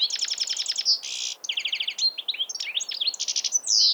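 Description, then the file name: European goldfinch singing a fast, tinkling twitter of rapid trills, short buzzy bursts and sharp liquid notes, tumbling on without pause for the whole four seconds. "Carduelis carduelis"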